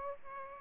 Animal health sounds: mosquito wingbeat signal from an infrared sensor; Aedes aegypti

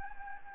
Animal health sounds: mosquito wingbeat signal from an infrared sensor; Anopheles gambiae

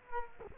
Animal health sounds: mosquito wingbeat signal from an infrared sensor; Culex quinquefasciatus

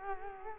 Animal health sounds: mosquito wingbeat signal from an infrared sensor; Culex quinquefasciatus

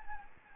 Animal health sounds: mosquito wingbeat signal from an infrared sensor; Anopheles gambiae

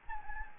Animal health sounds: mosquito wingbeat signal from an infrared sensor; Anopheles gambiae

